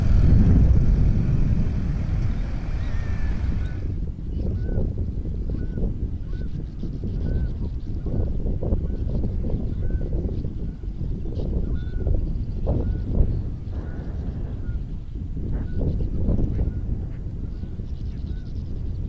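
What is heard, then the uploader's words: A piping plover gives short, clear peeping notes about once a second, starting a few seconds in and continuing steadily to the end. A constant low rumble of surf or wind sits underneath, with a louder rushing gust at the very start. Piping Plover foraging for food and showing plumage.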